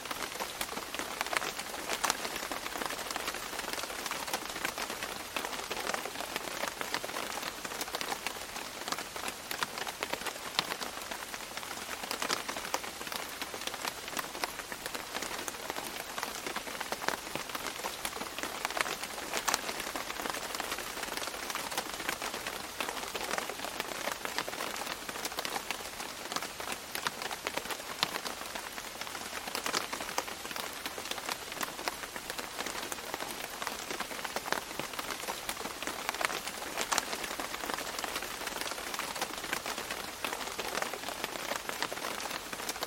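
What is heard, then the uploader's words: Gentle rain patters steadily and densely on a surface, a soft even hiss with crisp droplet ticks, unchanging throughout. Immerse yourself in the tranquil ambiance of gentle rain patter. Experience the mesmerizing embrace of a serene rain shower.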